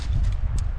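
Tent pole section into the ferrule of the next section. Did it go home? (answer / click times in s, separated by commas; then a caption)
no / none. A shock-corded aluminium tent pole for a Robens Pioneer 2EX tent is being unfolded, with the internal elastic pulling a section toward the ferrule of the next section. A steady low rumble runs throughout, with faint light ticks of handling and a brief bright tick near 0.6 s. Nothing has seated or clicked into place yet.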